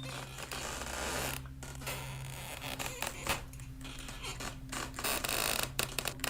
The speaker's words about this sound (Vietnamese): Bên tai của ả lẫn trong tiếng soàn soạt cào khôn nguôi cùng với tiếng lộc cộc và ruồi nhặng vo ve, còn có cả tiếng gió rít ù ù bên ngoài khe cửa.